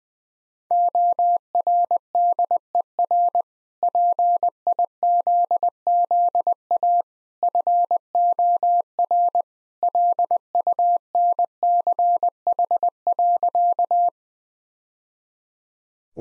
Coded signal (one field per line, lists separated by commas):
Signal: Morse code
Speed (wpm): 21 wpm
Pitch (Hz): 700 Hz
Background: none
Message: ORDER PIZZA FOR LUNCH.